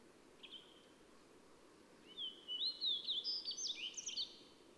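Bird song: one faint high note, then a jumbled run of high whistled and slurred notes over a steady low hiss.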